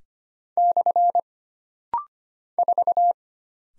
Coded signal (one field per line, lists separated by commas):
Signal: Morse code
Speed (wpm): 25 wpm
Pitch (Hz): 700 Hz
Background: none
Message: / 4